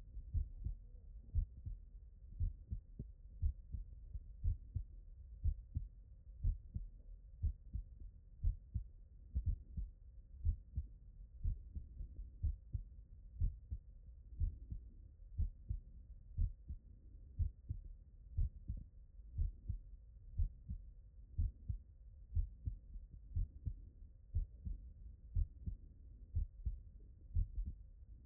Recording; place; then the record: heart sounds by stethoscope; tricuspid valve (TV)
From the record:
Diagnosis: non-HFrEF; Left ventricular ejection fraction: 57%